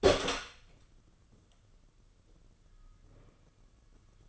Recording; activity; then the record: daily activity, microphone in the room; open door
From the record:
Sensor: 4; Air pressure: 995.2 hPa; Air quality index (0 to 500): 187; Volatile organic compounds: 106 ppm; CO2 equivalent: 3790 ppm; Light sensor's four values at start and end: 7/17/6/8 and 22/57/22/26